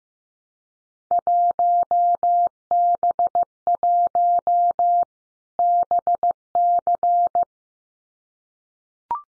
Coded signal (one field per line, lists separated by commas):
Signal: Morse code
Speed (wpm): 16 wpm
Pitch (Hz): 700 Hz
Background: none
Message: 1B1 BC